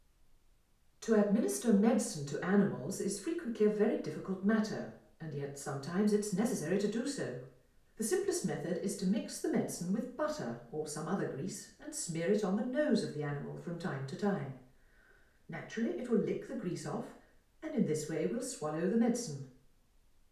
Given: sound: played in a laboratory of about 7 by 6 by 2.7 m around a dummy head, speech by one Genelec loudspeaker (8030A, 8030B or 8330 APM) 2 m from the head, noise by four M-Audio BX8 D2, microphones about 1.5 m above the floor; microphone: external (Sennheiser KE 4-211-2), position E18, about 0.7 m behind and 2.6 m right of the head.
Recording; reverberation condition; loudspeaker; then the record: female speech in English; medium; 90 degrees to the left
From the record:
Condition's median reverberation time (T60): about 510 ms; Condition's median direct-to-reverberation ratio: about -0.5 dB